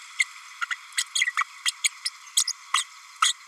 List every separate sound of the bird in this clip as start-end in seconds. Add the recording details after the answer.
0.19-0.24, 0.61-0.65, 0.70-0.75, 0.97-1.03, 1.15-1.26, 1.37-1.44, 1.65-1.71, 1.84-1.89, 2.05-2.10, 2.36-2.43, 2.73-2.84, 3.22-3.33. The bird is a female. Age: 32 days. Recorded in a nest box in Venezuela. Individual 17B32A5